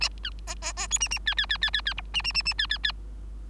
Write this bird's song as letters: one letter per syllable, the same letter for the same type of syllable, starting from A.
A B C C C D A A B B B B B B E A A A A B B B